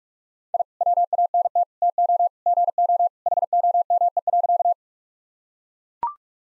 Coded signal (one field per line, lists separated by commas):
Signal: Morse code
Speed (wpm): 41 wpm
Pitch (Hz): 700 Hz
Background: none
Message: I WANT TO GO HOME.